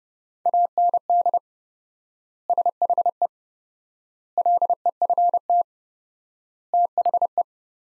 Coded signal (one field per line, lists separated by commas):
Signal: Morse code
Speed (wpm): 30 wpm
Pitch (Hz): 700 Hz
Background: none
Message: AND SHE LEFT THE